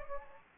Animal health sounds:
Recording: mosquito wingbeat signal from an infrared sensor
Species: Anopheles gambiae

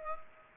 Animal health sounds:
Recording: mosquito wingbeat signal from an infrared sensor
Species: Culex pipiens

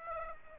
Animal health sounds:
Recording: mosquito wingbeat signal from an infrared sensor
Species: Aedes aegypti

